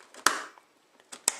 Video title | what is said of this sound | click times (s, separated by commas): Computer Build Or Upgrade | until I hear the clicks the clicks just grab the actual stick of ram | 0.3 s, 1.3 s